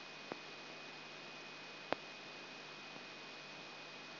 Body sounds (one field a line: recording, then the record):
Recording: brain microelectrode recording played as sound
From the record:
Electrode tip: outside the subthalamic nucleus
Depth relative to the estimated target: -4 mm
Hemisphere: left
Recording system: AlphaMap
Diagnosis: Parkinson's disease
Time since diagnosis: 9 years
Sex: male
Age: 58 years